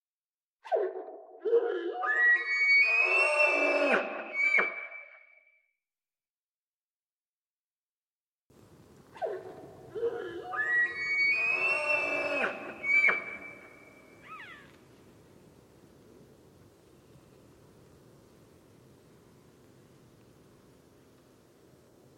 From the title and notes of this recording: Roosevelt Elk 01, clean processed and parabolic source. The largest surviving species of elk in North America, endemic to the Olympic Peninsula but found up and down the Pacific Northwest coastal regions - bugling male in forest glade - recorded with parabolic - clean processed with source.